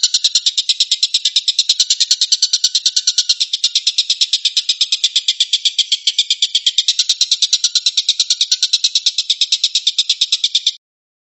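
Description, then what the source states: Stork-billed kingfisher, a long rapid rattle of grating high notes at a steady fast pace, ending abruptly. Rapid call style known locally as tembakan, meaning shooting.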